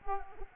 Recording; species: mosquito wingbeat signal from an infrared sensor; Culex quinquefasciatus